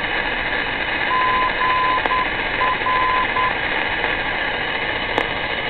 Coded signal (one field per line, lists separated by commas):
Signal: Morse code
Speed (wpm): 10 wpm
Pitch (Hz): 1020 Hz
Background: none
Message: GR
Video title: Unknown Beacon